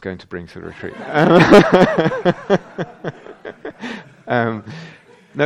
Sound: laughter